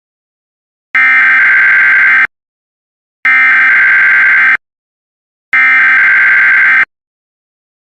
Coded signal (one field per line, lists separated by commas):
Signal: Emergency Alert System (SAME) tones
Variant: header bursts